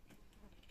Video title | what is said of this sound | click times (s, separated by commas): puzzle 3d montgolfière de chez #action | c'est pas droit, ça s'emboîte pas. | none